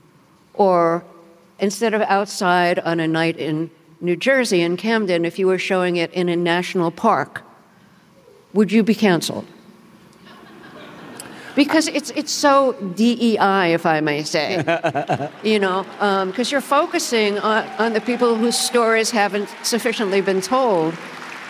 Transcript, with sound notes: or instead of outside on a night in New Jersey, in Camden, if you were showing it in a national park, would you be canceled?
(LAUGHTER)
Because it's so DEI, if I may say.
(Laughter).
(APPLAUSE)
You know? 'Cause you're focusing on the people whose stories haven't sufficiently been told.